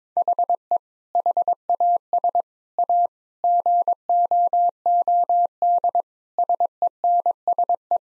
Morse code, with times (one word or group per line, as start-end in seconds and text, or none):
0.2-0.8 HE
1.1-2.4 HAS
2.8-3.1 A
3.4-6.0 GOOD
6.4-8.0 SENSE